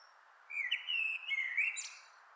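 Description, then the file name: Common blackbird delivering a smooth, flowing whistled phrase of rising and falling notes, finished with a brief high squeak, over steady background noise. "Turdus merula"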